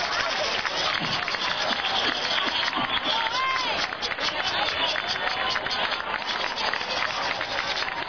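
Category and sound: crowd, audience applause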